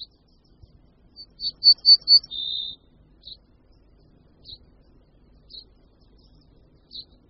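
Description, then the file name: Ortolan bunting song: a few high ringing notes, then a longer lower drawn-out note, followed by scattered single high call notes. Prefers dry, warm habitats such as orchards, vineyards and cultivated land with scattered trees, originally forest-steppe to steppe; does not nest in gardens. "Strnad-zahradní"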